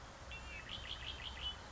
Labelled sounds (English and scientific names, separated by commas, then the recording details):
Red-winged Blackbird (Agelaius phoeniceus)
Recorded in Sonoma County, California